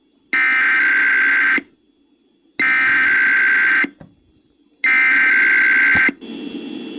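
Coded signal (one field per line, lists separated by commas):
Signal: Emergency Alert System (SAME) tones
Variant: header bursts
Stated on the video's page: Required Weekly Test EAS tones relayed by KDKA.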